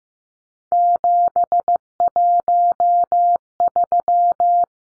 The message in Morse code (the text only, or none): 713